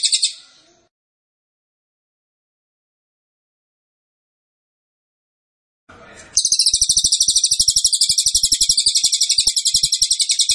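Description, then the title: Cililin: tail of a high trill opens, then long silence; a noisy burst follows and cililin song resumes as a rapid, shrill, evenly pulsed trill to the end. Cililin song, used to teach songbirds. "Cililin AMPUH. Masteran Burung cililin masteran sang juara"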